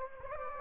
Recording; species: mosquito wingbeat signal from an infrared sensor; Anopheles gambiae